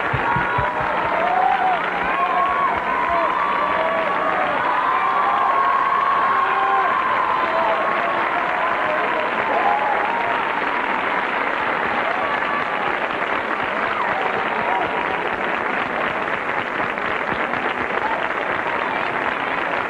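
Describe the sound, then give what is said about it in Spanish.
The studio audience of the TV show Siempre en Domingo applauds and cheers loudly to welcome a guest composer, continuously for the whole stretch, a dense wash of clapping with scattered whoops and whistles rising above it, staying steady without fading. “Un aplauso para ella.”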